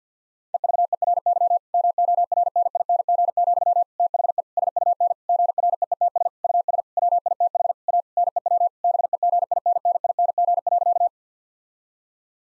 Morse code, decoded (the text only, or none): EVERY MORNING, THE SUN GREETS US WITH A NEW BEGINNING.